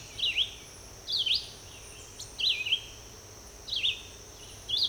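Red-eyed vireo song: several short, slurred, whistled phrases, each rising and falling, with brief pauses between them, over a steady high hiss.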